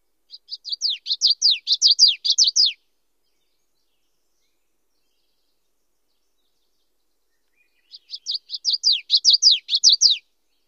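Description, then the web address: Common yellowthroat song given twice, each a quick crescendo of high slurred notes lasting about two and a half seconds, separated by five seconds of silence. Western North America. "Know Your Bird Sounds Common Western Species. Common Yellowthroat"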